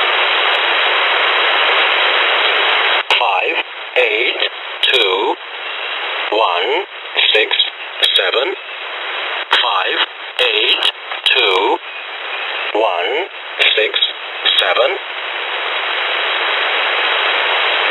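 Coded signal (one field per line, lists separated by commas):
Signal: numbers station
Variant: E07 English Man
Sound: about twelve short, evenly spaced spoken words read over steady radio hiss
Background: radio static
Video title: Russian E07 "English Man" number station at 12168 kHz (long message)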